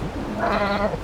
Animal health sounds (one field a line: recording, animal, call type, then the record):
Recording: contact call of a hoofed animal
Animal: goat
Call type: low-frequency (closed-mouth) or high-frequency (open-mouth) call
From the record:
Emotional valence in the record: negative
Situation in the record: short social isolation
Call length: 1.04 s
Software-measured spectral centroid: 1660 Hz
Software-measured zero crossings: 1530 a second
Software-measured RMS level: -24 dBFS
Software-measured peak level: -9 dBFS